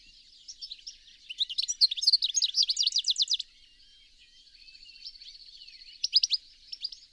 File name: Carduelis carduelis